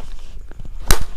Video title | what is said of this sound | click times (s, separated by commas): Cara Membuat Pakan Komplit Fermentasi Dari Bahan Baku Limbah | Nah, seperti itu, sampai terdengar bunyi klik. | 0.9 s